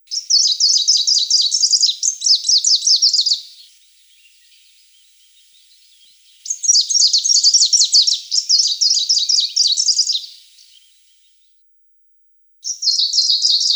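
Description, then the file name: Greenish warbler singing high, rapid, scratchy twittered phrases of three to four seconds each, separated by pauses of a few seconds. "Penochka zelenaja"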